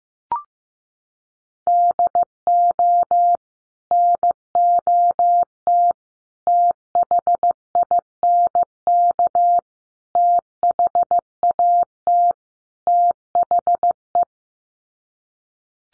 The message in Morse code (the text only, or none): DO NOT THINK THAT THE